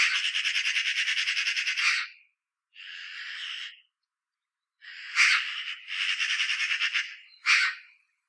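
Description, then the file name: Eurasian magpie giving harsh, rattling chatter in rapid pulsed bursts: a long two-second rattle, a shorter burst, a pause, then more rattles broken by sharp, loud notes. "Pica pica"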